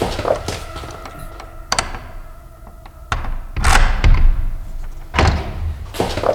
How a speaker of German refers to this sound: Öffnet die Tür und kommt mit erhobenen Händen heraus.